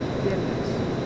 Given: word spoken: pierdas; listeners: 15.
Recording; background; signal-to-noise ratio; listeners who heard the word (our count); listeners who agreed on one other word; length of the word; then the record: one Spanish word in noise, from a listening test; speech-shaped noise; -5.6 dB; 0 of 15; 12 of 15; 0.67 s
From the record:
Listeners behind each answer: 12, 1, 1, 1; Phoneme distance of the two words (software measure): 10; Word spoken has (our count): 2 syllables, 7 phonemes, stress on syllable 1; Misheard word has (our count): 2 syllables, 7 phonemes, stress on syllable 1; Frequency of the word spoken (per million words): 1.48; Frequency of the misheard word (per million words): 60.86